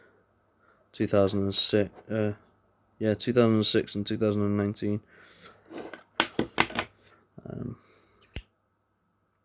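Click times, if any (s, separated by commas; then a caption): 8.4 s. Someone talks, then a series of sharp metallic clicks and rattles follows. At 8.4 s, the hinged metal lid of a windproof lighter snaps shut onto the case with a single sharp click, and the lid is seated closed.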